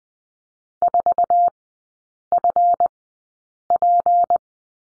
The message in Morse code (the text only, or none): 4FP